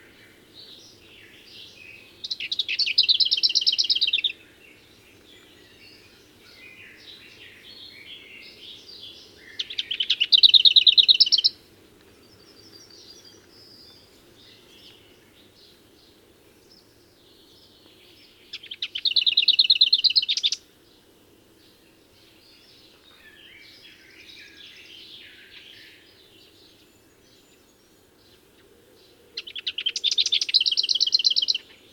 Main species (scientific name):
Sylvia curruca